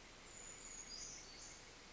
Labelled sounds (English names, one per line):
Brown Creeper